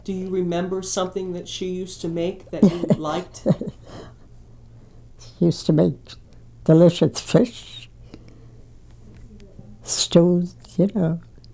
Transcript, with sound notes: Do you remember something that she used to make that you liked? (laughs)
She used to make delicious fish, stews, you know.